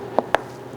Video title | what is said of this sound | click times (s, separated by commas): Leather Is Better! - DIY Katzkin Leather How To Installation on Ford F-150 - Tips and Review | make sure you hear a nice solid snapping sound as you're clicking in the listing | 0.2 s, 0.3 s